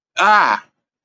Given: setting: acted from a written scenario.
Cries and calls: vocal sound without words; pain

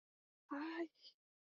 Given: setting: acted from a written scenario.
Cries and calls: vocal sound without words; pain

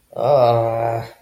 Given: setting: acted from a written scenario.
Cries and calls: vocal sound without words; embarrassment

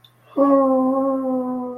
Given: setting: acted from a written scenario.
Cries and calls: vocal sound without words; desire

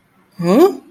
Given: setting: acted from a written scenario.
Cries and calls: vocal sound without words; confusion

